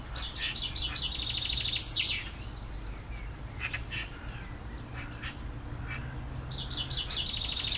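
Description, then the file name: Eurasian magpie chattering, two harsh rapid rattles, one at the start and one near the end, with scattered clicks and sharp notes between. "Pica pica"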